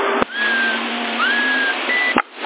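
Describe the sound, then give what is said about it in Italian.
Thin, wavering whistle tones drift over a steady hiss of narrow-band radio static on an occupied CB radio channel, with a sharp click near the start and another near the end. No one speaks. “Avanti la stazione che fischia, identificati.”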